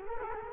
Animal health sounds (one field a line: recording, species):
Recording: mosquito wingbeat signal from an infrared sensor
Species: Culex quinquefasciatus